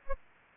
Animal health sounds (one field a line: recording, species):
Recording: mosquito wingbeat signal from an infrared sensor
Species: Aedes aegypti